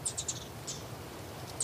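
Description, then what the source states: Garden dormouse making a quick run of three thin high chirps, then a softer hissy whistle and a final squeak, against a low background hum. Wild garden dormouse calling at night from a bush in a garden in Wiesbaden, Germany, where glowing orange eyes are seen; nocturnal.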